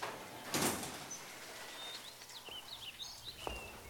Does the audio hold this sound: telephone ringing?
no